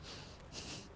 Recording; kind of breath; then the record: one breath in and out by a microphone near the nose and mouth; strong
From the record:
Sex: male